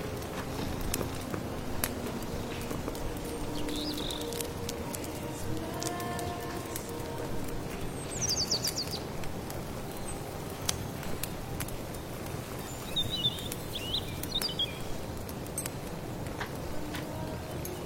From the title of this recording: stir your magic amulet soup, accompanied by birdsong, firewood, rustling rain